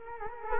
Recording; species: mosquito wingbeat signal from an infrared sensor; Culex quinquefasciatus